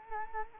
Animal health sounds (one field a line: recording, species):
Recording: mosquito wingbeat signal from an infrared sensor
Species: Culex quinquefasciatus